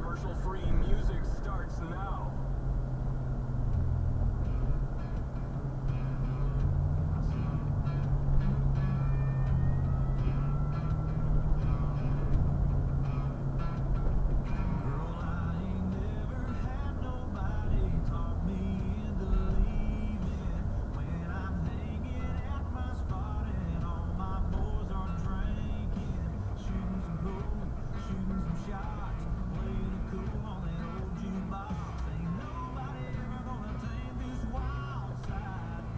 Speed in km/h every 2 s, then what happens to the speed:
53, 50, 50, 52, 52, 55, 53, 52, 48, 47, 45, 44, 39, 34, 21, 10, 6, 2.
0-13 steady at about 52. 13-36 slows to 2.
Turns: 28-32.